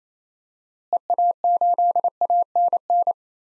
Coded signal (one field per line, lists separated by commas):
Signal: Morse code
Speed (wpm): 27 wpm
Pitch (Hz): 700 Hz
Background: none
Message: EA8ANN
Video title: DXCC-100 Call Signs - 6 Character Repeated 2x - 28wpm